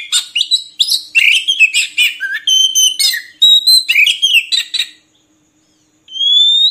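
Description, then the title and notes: Oriental magpie-robin song: a rapid, varied stream of clear whistles, chirps and buzzy notes, then a brief pause and a long rising whistle. Long-duration 'isian' (filler) magpie-robin song meant to train birds to sing actively ('gacor') by day and night. "Kacer Jadi Gacor Siang Malam. Isian Kacer Durasi Panjang"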